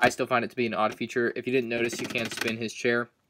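A plastic brick chair on a turntable in a brick model base is being rotated by hand while someone talks throughout. The chair has not yet clicked into its detent position, so nothing has seated or clicked yet.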